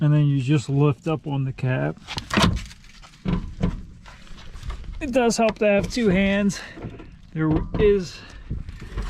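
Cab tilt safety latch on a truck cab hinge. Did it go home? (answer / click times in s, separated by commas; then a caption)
no / none. Someone talks while lifting the tilt cab of an abandoned Isuzu NPR turbo diesel box truck and handling the metal cab tilt safety latch on the cab hinge, with a sharp knock near 2.4 s and a few quieter knocks and rattles after it. The latch has not caught yet, and nothing has seated or clicked by the end of the clip.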